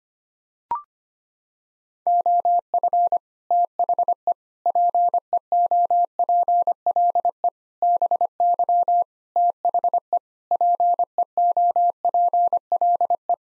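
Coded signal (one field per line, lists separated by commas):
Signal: Morse code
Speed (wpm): 25 wpm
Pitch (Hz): 700 Hz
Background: none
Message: OF THE PEOPLE BY THE PEOPLE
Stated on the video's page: Morse head-copy drill of common nine-word English groups at 25 wpm.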